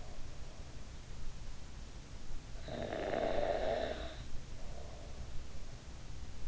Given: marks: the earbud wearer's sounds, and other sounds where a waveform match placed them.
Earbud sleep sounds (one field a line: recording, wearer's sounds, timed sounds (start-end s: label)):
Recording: sounds in sleep by an in-ear microphone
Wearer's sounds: breath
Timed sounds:
2.62-5.43 s: breath